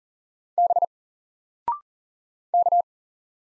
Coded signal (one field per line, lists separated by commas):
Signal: Morse code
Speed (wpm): 40 wpm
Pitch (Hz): 700 Hz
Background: none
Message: B K